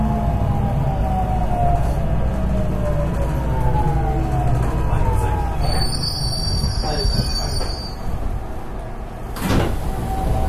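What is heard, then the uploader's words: A JR West Series 207 train runs with a steady low rumble and gliding motor whine, high squeals near six to eight seconds, then a sharp clunk. JR西日本207系0番台(F1編成) JR神戸線普通 尼崎から神戸まで. It is running sound of JR West Japan Series 207 train. I recorded on the local train of Kobe Line. The section is from Amagasaki to Kobe.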